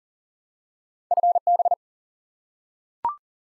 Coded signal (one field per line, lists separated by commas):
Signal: Morse code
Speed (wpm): 40 wpm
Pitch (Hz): 700 Hz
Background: none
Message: FB